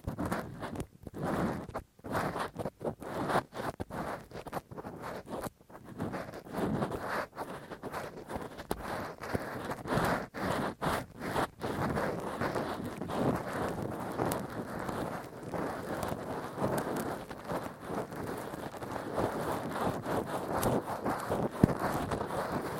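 Ear cleaning with a Q-tip and ear pick: dense, rough scratching and rubbing that continues without pause. Short silent gaps break the first six seconds, then the scraping becomes steadier and fuller, with a sharp click near twenty-two seconds.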